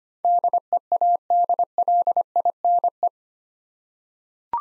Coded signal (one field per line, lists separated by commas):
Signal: Morse code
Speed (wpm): 25 wpm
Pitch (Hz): 700 Hz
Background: none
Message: DEADLINE